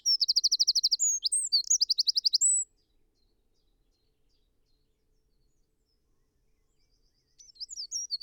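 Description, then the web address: Eurasian wren song of rapid ringing trills and quick chirps for nearly three seconds, a pause, then the start of another high, twittering phrase. "SETE Troglodytes troglodytes"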